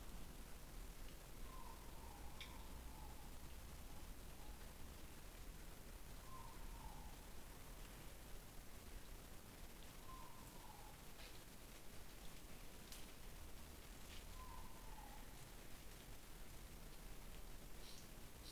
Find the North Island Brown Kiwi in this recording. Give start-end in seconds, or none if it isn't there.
none